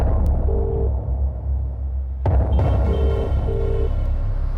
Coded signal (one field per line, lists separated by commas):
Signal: telephone call progress tone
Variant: UK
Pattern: ringback tone